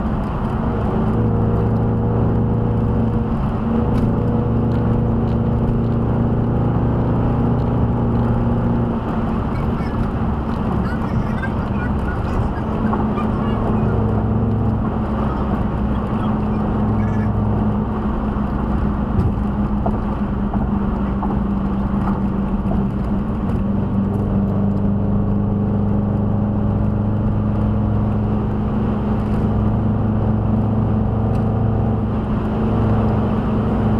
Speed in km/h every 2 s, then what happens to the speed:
172, 175, 180, 182, 180, 174, 167, 166, 163, 159, 155, 153, 156, 161, 164, 167, 167.
0-8 speeds up to 180. 8-21 slows to 153. 21-34 speeds up to 167.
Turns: none.